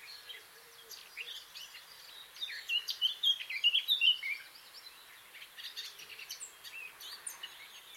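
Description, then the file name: Eurasian blackcap song: soft scratchy notes, then a loud burst of quick warbled and whistled notes midway, fading to quieter twittering. "Sylvia atricapilla"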